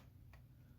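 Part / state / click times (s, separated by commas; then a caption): display flex cable connector into phone logic board socket / seated / 0.3 s. An old display flex cable connector is pressed back onto its socket on an iPhone 7 Plus logic board during a glass screen repair. A single short snap sounds at 0.3 s over a steady low hum. The connector is seated in place with a solid connection.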